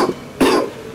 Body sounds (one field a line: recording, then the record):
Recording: coughing mixed with background sound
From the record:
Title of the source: Coughing 77